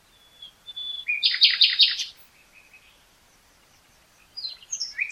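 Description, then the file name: Common nightingale song: a thin drawn-out whistle leading into a loud rapid rattling trill, then quiet notes and a new phrase at the end; light background hiss. "Luscinia megarhynchos"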